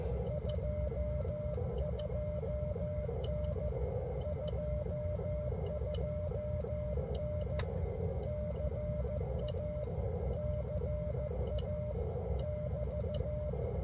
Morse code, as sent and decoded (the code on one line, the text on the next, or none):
..--- ..--- -. / ..--- ..--- -. / -.-. .- / -.-. .- / -...-
22N 22N CA CA <BT>